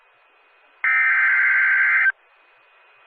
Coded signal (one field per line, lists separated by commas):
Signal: Emergency Alert System (SAME) tones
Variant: header bursts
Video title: Here Come The Storms...EAS Alerts From July 22, 2020 (EAS #212-234)